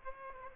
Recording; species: mosquito wingbeat signal from an infrared sensor; Aedes aegypti